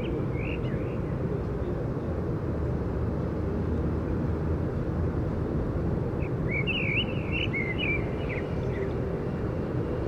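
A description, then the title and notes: Outdoor traffic and birds, with a steady low rumble filling the whole clip and no clear breaks. A bird gives a short warbling call near the start, then a longer chirping phrase from about six to nine seconds above the constant drone. Overhead overview, a public space, immediately south of Holland Spoor rail station, Den Haag, Netherlands, a given spring evening of the year 2019 – warm air, birds; foot, bicycle and scooter traffic; birds.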